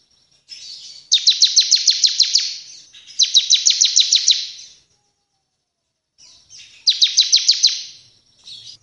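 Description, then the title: Bar-winged prinia singing quick, evenly pulsed high trills in three bursts, two close together and a third after a short pause, in quiet surroundings. Caged bird singing energetically, three song types; recording used for tutoring other cage birds. "Ciblek gacor nembak 3 lagu untuk masteran"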